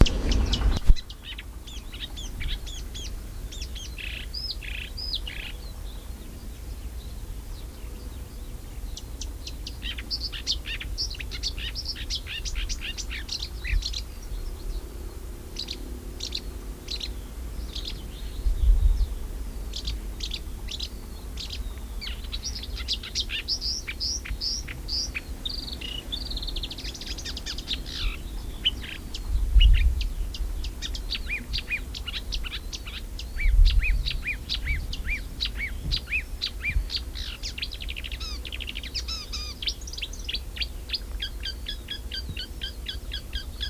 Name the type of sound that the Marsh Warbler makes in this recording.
song